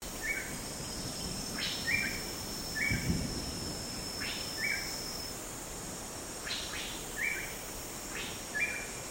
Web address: greater racket-tailed drongo